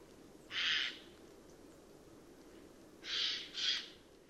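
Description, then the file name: Eurasian jay making a single rasping screech, then after a pause a quick double screech, all harsh and noisy, with low steady background noise. "Garrulus glandarius"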